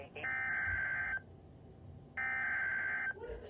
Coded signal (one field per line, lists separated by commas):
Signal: Emergency Alert System (SAME) tones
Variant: header bursts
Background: speech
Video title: EAS 59 FLASH FLOOD WARNING [WITH A BIG LIGHTNING STRIKE CAPTURE]